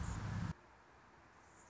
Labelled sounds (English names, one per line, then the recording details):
Anna's Hummingbird
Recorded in Sonoma County, California